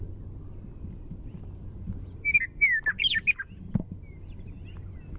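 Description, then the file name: Western meadowlark song: a single phrase of clear whistled notes sliding down into a quick jumbled gurgling flourish, with low rumbling background noise. Primary song. "WEME-Primary Song"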